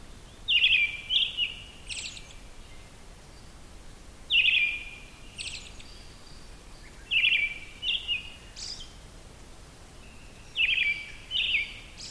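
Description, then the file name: Brown-headed thrush song, repeated phrases every few seconds: one or two warbled whistles then a brief high, scratchy flourish, over soft steady hiss. "akahara"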